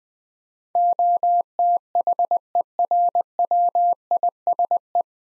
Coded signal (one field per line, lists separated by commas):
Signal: Morse code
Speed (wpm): 21 wpm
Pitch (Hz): 700 Hz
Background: none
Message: OTHERWISE